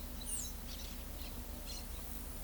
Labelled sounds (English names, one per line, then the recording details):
Orange-chinned Parakeet
Blue-gray Tanager
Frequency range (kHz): Orange-chinned Parakeet 2.4-9.0 kHz; Blue-gray Tanager 4.5-12.6 kHz
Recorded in pastures near Pivijay, Magdalena, Colombia, on 5 June 2023 at 13:30
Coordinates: 10.456, -74.369
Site P6-G026